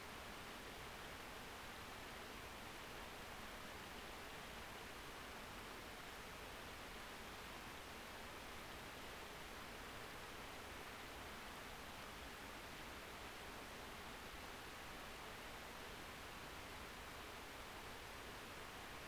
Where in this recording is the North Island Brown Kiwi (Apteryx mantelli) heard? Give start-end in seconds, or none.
none